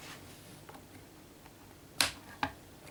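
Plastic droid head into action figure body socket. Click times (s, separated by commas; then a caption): 2.0 s. The plastic R5-D4 dome/head piece from a Star Wars Vintage Collection VC303 figure is pushed onto the plastic Builder Droid action figure body's socket. After faint handling rustle, a sharp click sounds at 2.0 s, followed by a smaller tick at 2.4 s. The head snaps into place and is seated.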